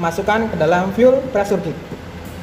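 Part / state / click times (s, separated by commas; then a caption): fuel hose quick-connector into fuel pressure gauge fitting / not seated / none. A fuel hose running from the pump to the injector is being handled for pushing its quick-connector into a fuel pressure gauge fitting while someone talks throughout. Nothing has seated or clicked yet by the end of the clip.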